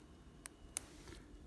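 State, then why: Seated. A plastic gear cover is pressed back onto the truck of a Kato C30-7 Burlington Northern model locomotive during a rebuild. Two sharp ticks are heard at 0.5 s and 0.8 s, the second louder, over a quiet background. The cover snaps into place.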